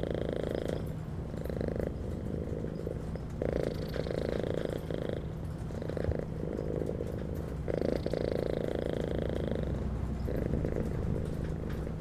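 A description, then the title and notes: A cat purrs in a steady, low rhythmic rumble, its breaths swelling roughly every two seconds. Underneath runs a constant low machine hum like a moving train, with a faint steady tone and a bright hiss rising and falling with each purr. Train Ride with Cat. (No horns, screeches, squeals.)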